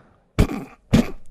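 Two harsh, throaty cough bursts about half a second apart, each strained and gravelly, in a quiet room. An adult imitates partial choking on food: some air still moves, so the person can half-cough, and they should be kept coughing.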